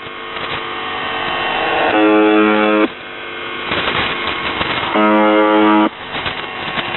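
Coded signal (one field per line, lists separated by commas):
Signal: channel marker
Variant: UVB-76 (The Buzzer)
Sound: two harsh low buzzes, each about a second long, three seconds apart, amid hiss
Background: radio static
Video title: UVB 76 4625 KHZ 14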